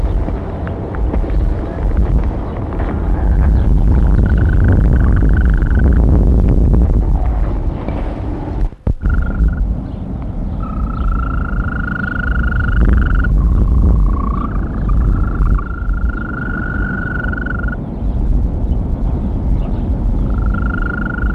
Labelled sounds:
Green Toad (Bufo viridis) call
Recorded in the wild
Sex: male
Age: adult
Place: Berlin, OT Blankenfelde, Berlin, DE
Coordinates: 52.6167, 13.3833
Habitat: pond
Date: 1964-05-18 19:00
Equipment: Minifon, Kopie Smaragd
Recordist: Tembrock, Günter
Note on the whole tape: Auf einem Kunstteich bei Blankenfelde

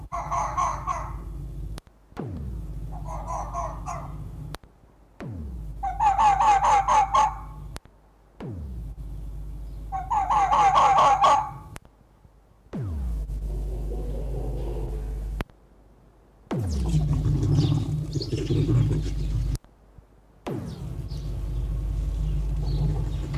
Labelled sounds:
Red Fox (Vulpes vulpes)
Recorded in captivity
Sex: diverse
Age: adult
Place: Zoologisches Institut der HUB, Berlin, DE
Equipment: Elmetra
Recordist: Tembrock, Günter

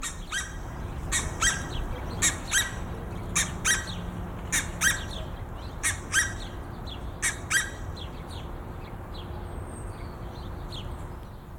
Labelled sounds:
Red-breasted Goose (Branta ruficollis) call
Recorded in captivity
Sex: male
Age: adult
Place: Zoo Dresden, Sachsen, DE
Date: 1995-05-17 14:42
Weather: bedeckt, 12°C
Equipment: Marantz CP 430, Sennheiser ME 80, Kopie Uher 4000 Report Monitor
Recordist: Tembrock, Günter
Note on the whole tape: Männchen: Rufreihe. Entfernung 10 m

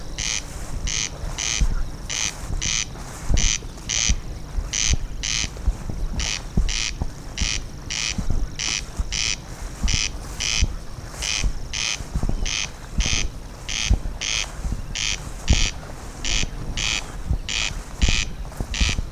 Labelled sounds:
Corn Crake (Crex crex)
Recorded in the wild
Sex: male
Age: adult
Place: Schwedt/Oder, Nationalpark Unteres Odertal, Brandenburg, DE
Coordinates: 53.0394, 14.2955
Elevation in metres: 1
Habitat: grassland
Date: 2017-06-19 20:26
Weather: clear, 18°C, weak wind from East
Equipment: Olympus LS-3, Olympus ME31
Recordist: Frommolt, Karl-Heinz
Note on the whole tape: Polder B des Nationalparks Unteres Odertal: Rufreihe eines Wachtelkönigs. Annäherung an den Vogel während der Aufnahme

